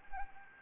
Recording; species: mosquito wingbeat signal from an infrared sensor; Anopheles arabiensis